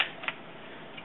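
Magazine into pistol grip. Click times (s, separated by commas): 0.3 s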